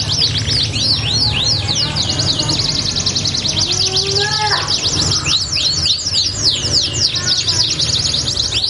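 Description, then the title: Belgian canary song, a dense, continuous run of fast, high, down-slurred chirps and trills, with a few lower whistled notes midway. Belgian canary song played to warm up canaries and prompt them to sing, said to get them joining in within seconds. "Canto Para Esquentar Canário Belga. LANGSUNG NYAUT. Pancingan suara kenari hitungan detik langsung ikut bunyi"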